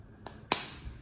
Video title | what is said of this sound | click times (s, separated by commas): Mazda Key Fob Battery Replacement | Now that we have that click, we're gonna take our key. | 0.5 s